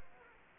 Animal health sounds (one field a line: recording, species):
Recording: mosquito wingbeat signal from an infrared sensor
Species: Culex quinquefasciatus